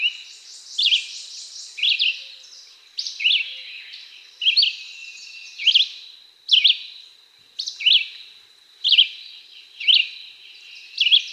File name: Red-eyed Vireo